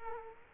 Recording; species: mosquito wingbeat signal from an infrared sensor; Culex quinquefasciatus